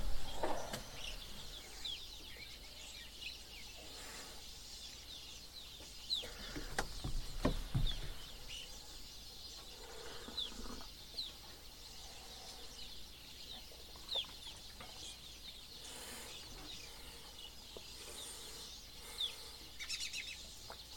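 Birds sing in a dense, steady chorus of high chirps and trills that runs the whole length, with brief louder bursts near the start and around seven seconds. A low rumble and a few clucking, fowl-like calls sit underneath in the background.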